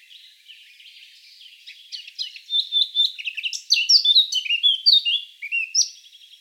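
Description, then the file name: Eurasian blackcap song starting as a soft, scratchy warble and building into loud, clear, fluting whistles that step up and down in pitch. "Sylvia atricapilla"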